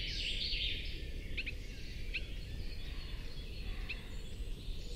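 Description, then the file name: Eurasian blackcap making a few short, hard tick calls after a brief warble, against constant low-pitched background noise. "Sylvia atricapilla"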